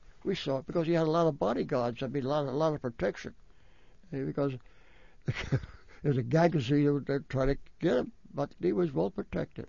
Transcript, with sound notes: We saw, because he had a lot of body guards, I mean a lot, a lot of protection because (he laughs) there was a that was trying to get him. But he was well protected.